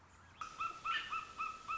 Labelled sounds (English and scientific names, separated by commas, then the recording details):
American Robin (Turdus migratorius)
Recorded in Sonoma County, California